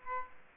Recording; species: mosquito wingbeat signal from an infrared sensor; Aedes aegypti